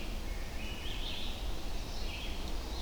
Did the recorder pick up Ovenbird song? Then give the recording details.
no. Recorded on 25 June 2016 at 05:23. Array SBT-6-76